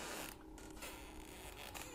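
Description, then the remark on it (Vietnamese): A drawn-out creak of the kitchen door hinge, scratchy and uneven, grinding on for about two seconds with a brief dip in the middle, with no voices. “Tôi đang định nằm xuống ngủ tiếp thì bất ngờ lại có âm thanh cót két vang lên. Là cánh cửa ở dưới bếp.”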